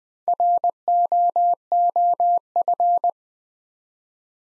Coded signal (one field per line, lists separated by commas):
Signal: Morse code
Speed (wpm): 20 wpm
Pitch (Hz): 700 Hz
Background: none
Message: ROOF